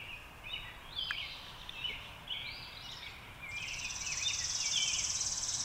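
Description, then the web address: Robin song: caroling phrases separated by short pauses, with a continuous high drone joining midway. "Sounds of Nature Robins"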